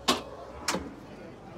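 The fridge/freezer slide-out tray in the galley of an Off Grid Trailers Expedition 2.0 teardrop trailer, made in Canada, is moved and its latch engages with two sharp clunks at 0.1 s and 0.7 s. The slide locks in place, with only a quiet background hum afterward.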